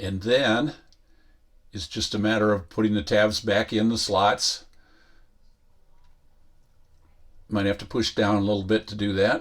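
A plastic switch housing is positioned so its tabs line up with the dashboard slots of a Ram Promaster during a fog light install. Someone talks in bursts, with quieter gaps of faint handling noise in between. The housing has not been pushed down or clicked into place yet.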